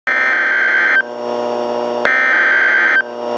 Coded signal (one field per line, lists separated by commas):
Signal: Emergency Alert System (SAME) tones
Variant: header bursts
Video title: Civil Emergency Message issued by request of the Clay County FL O.E.M. (EAS #416)